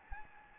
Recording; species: mosquito wingbeat signal from an infrared sensor; Anopheles gambiae